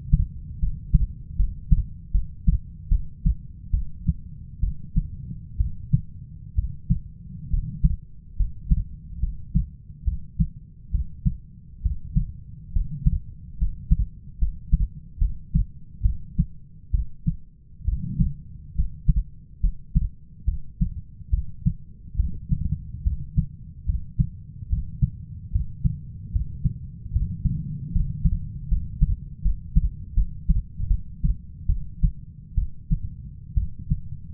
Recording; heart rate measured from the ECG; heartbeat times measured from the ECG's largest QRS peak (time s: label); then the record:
heart sounds by stethoscope; 71 bpm
0.59 s: heartbeat
1.36 s: heartbeat
2.11 s: heartbeat
2.89 s: heartbeat
3.71 s: heartbeat
4.60 s: heartbeat
5.57 s: heartbeat
6.55 s: heartbeat
7.50 s: heartbeat
8.36 s: heartbeat
9.20 s: heartbeat
10.04 s: heartbeat
10.91 s: heartbeat
11.82 s: heartbeat
12.72 s: heartbeat
13.58 s: heartbeat
14.38 s: heartbeat
15.18 s: heartbeat
16.02 s: heartbeat
16.91 s: heartbeat
17.85 s: heartbeat
18.75 s: heartbeat
19.60 s: heartbeat
20.45 s: heartbeat
21.30 s: heartbeat
22.16 s: heartbeat
23.03 s: heartbeat
23.86 s: heartbeat
24.69 s: heartbeat
25.52 s: heartbeat
26.32 s: heartbeat
27.12 s: heartbeat
27.92 s: heartbeat
28.68 s: heartbeat
29.42 s: heartbeat
30.14 s: heartbeat
30.88 s: heartbeat
31.66 s: heartbeat
32.55 s: heartbeat
33.54 s: heartbeat
From the record:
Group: healthy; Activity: rest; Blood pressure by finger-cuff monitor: 137/66 mmHg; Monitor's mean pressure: 86 mmHg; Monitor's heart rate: 71 bpm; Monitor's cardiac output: 6.3 L/min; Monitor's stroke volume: 91 mL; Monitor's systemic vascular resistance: 1000 dyn s/cm5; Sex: female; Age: 37 years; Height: 168 cm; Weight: 70 kg